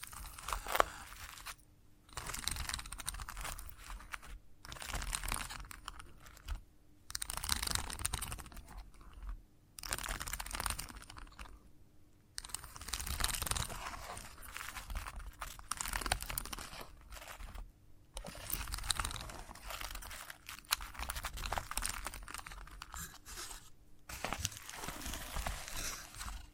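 Chalk scratches and taps in dense, gritty bursts of a few seconds each, broken by short silent gaps near 2, 7, 9.5, 12, 18 and 24 seconds. The scraping is bright and rough with quick clicky taps mixed in, and a faint steady hum underneath.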